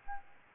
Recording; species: mosquito wingbeat signal from an infrared sensor; Aedes albopictus